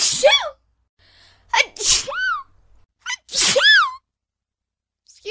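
Several sneezes from an adult in quick succession, each a sharp burst of breath trailing into a falling voiced tone.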